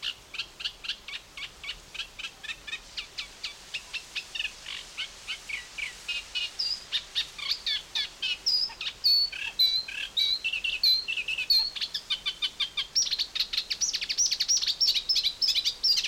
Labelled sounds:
Eurasian Reed Warbler
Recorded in the wild
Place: Mühlenbeck, Brandenburg, DE
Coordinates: 52.667, 13.37
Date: 1992-06-27 13:39
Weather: sonnig, 22-26°C
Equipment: Marantz CP 430, Sennheiser ME 80, Kopie Tesla B 116
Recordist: Tembrock, Günter
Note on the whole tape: Mühlenbecker See (Südufer); Gesang ca. 4 min (sehr gut trotz leichtem Wind)

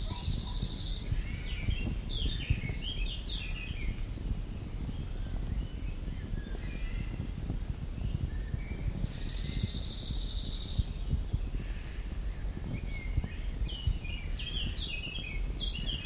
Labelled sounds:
Cirl Bunting
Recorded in the wild
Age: adult
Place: Görz, IT
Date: 1968-06-02
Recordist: Brunner, Thomas

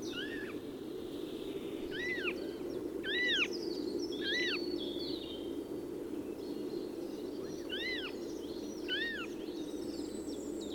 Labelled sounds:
Western Marsh Harrier call
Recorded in the wild
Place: Kuchelmiß, Mecklenburg-Vorpommern, DE
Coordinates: 53.667, 12.347
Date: 1980-04-29
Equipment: Nagra III BH, Sennheiser MD 21, parabola
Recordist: Schubert, Michael

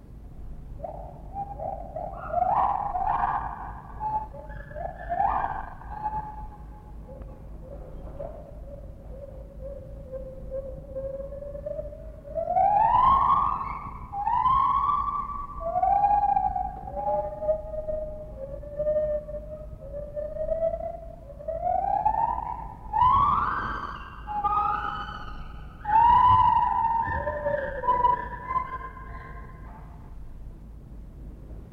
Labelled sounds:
Lar Gibbon
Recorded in captivity
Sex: pair
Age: adult
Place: Zoo Berlin, Berlin, DE
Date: 1960-10-22 12:15
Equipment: Minifon, Kopie Smaragd
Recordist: Tembrock, Günter

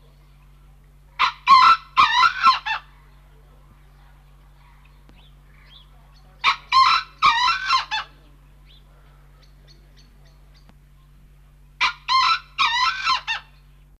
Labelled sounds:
Grey Junglefowl call
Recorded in captivity
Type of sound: call
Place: Vogelpark Walsrode, Niedersachsen, DE
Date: 1978-10-02
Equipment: Halbspur, 9,5 cm/s
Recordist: Lütgens, Hans
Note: Rufe

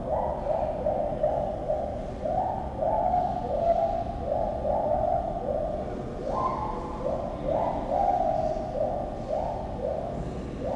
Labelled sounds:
Pileated Gibbon
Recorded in captivity
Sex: pair
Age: adult
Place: Zoo Berlin, Berlin, DE
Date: 1993-07-17 10:57
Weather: 20-22 °C, heiter-wolkig
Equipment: Marantz CP 430, Sennheiser ME 80, Kopie Uher Variocord 263
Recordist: Tembrock, Günter

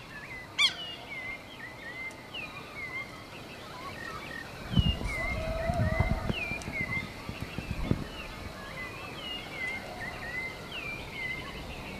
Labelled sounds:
Southern Lapwing call
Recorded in the wild
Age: adult
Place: Pirenopolis, Goias, BR
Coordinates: -15.8447, -48.9583
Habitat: savannah
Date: 2013-09-10
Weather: 20°C,sunny, weak wind
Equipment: Olympus LS-3, Olympus ME31
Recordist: Frommolt, Karl-Heinz

